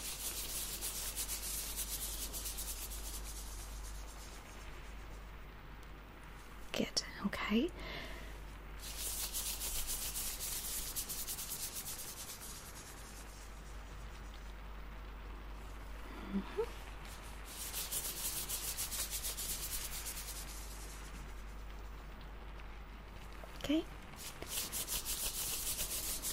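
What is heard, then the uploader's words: Ear cleaning in the rain: a steady, dense fizzing hiss runs throughout, rising in brighter bursts around 0–6, 9–14 and 17–23 seconds. Soft rubbing, scratching strokes sit underneath, with brief sharper squeaky taps near 7, 16 and 24 seconds. ASMR Ear Cleaning in The Rain - Fizzing Layered Sounds.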